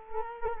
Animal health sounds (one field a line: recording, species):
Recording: mosquito wingbeat signal from an infrared sensor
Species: Culex quinquefasciatus